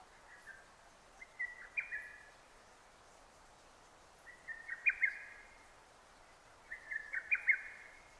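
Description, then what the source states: Lesser cuckoo giving three strident phrases of quick notes, a few seconds apart, in otherwise quiet surroundings. Recorded on 6 June 2009.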